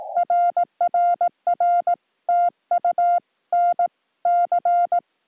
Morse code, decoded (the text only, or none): RRR TU NC